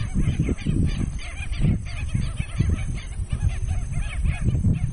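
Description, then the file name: White-backed stilt calls: many overlapping, yapping honked notes, steady and busy throughout, over a strong low rumble. "canto do pernilongo de costas brancas"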